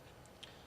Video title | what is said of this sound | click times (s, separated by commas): Pantera 50 heli build video #6 - Tail install - Step by step guide | it's going to actually snap right into there. | 0.4 s